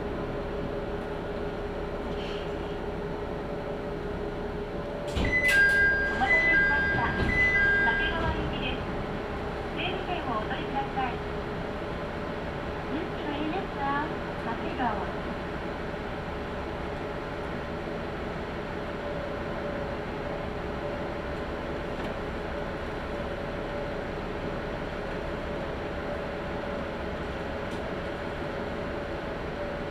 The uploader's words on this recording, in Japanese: 天竜浜名湖鉄道 天竜二俣→森町病院前→遠江一宮。天竜二俣でかなり降りて空いた車内。